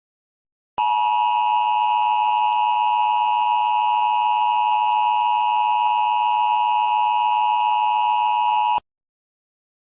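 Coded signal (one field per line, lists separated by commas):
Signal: Emergency Alert System (SAME) tones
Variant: 853 and 960 Hz attention tone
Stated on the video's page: Mock national audible test with valid tones; alert tones taken from an NWR macro drive, recreating the 2021 national test with NAT tones.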